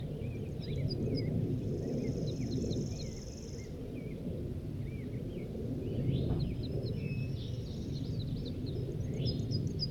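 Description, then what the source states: Crossbill giving a run of clipped whistled notes and twisting chirps, with a buzzy trill partway through and constant low rumble underneath. Wild male at Poverty Hollow around 8 a.m. on June 1, 1983, during capture.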